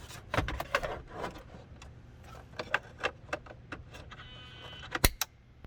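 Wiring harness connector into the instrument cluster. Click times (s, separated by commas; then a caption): 5.0 s. The plastic wiring harness connector is pushed into the back of a rebuilt gauge cluster from a 2003–2006 Silverado, Sierra, Avalanche, Tahoe, Suburban or Yukon as it is reinstalled. Scattered plastic rattles and light taps from handling lead up to a sharp click at 5.0 s as the connector seats, followed by a softer tap.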